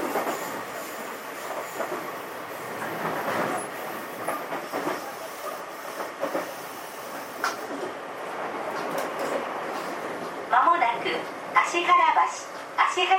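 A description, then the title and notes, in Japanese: A JR 323 series train rolls along with a steady, dense rumble and rattling, with occasional brief clanks through the first ten seconds. From about 10.5 seconds, louder, pitched sounds that could be an announcement or speech rise over the running noise. JR323系 桃谷→桃谷。朝早くに乗車して録音しましたが、そこそこ乗客がおり、少し声が聞こえます。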